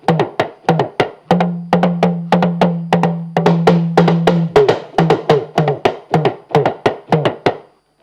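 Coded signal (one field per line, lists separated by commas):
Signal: talking drum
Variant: Yoruba dùndún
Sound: fast sequence of about 30 sharp drum strokes with low, bending pitch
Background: small room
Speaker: Now, you played to open this segment just now. What were you saying to us with your drum? I was playing Dansaki Oba, Ojojumo Lore Resimi, Dansaki Oba. So I'm praising God and thanking him for this morning.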